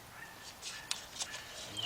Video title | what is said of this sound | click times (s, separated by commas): Volkswagen Beetle Head Gasket And Timing Belt Replacement Part 12 | that's all we have to do is just push that on till we hear it click bam done all right | 0.9 s